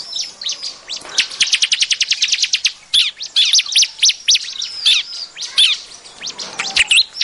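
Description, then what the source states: Bar-winged prinia giving a few high notes, then a fast ticking series of high notes, then varied squeaky chirps and short whistles. Noisy lure call used to attract birds.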